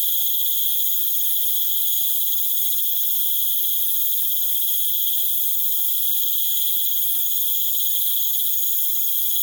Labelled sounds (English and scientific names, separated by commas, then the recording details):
none
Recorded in pastures near Puerto Asís, Putumayo, Colombia, on 19 June 2025 at 19:30
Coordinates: 0.487, -76.322
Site H26